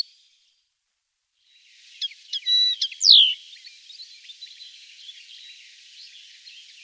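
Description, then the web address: Bird calls, a few sharp clicks and a loud descending whistled note, followed by a faint scratchy chatter of several thin notes. "voegel stimmen"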